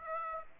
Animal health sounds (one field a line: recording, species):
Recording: mosquito wingbeat signal from an infrared sensor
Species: Aedes aegypti